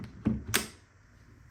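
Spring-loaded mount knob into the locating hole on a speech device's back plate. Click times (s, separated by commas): 0.6 s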